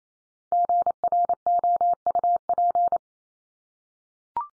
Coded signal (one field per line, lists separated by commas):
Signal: Morse code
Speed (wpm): 28 wpm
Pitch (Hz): 700 Hz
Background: none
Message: GROUP